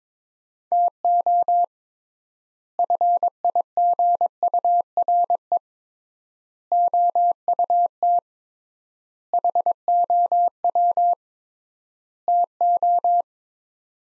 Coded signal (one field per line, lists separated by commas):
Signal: Morse code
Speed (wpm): 21 wpm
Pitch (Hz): 700 Hz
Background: none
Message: TO FIGURE OUT HOW TO